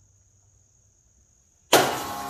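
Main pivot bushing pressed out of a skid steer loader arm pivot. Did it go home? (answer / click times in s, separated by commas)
released / 1.7 s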